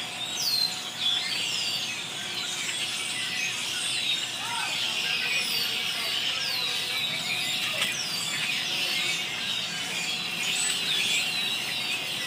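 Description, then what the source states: Birds in a dense chorus of high chirps and squeals, many overlapping calls with quick downward-swept notes throughout. Birds described as going absolutely crazy.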